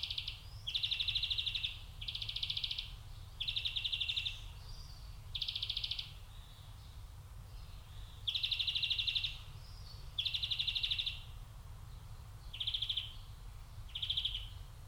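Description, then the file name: European greenfinch song: a run of fast trilled twitter phrases about one second each, ending with shorter bursts; low background rumble throughout. "Chloris chloris"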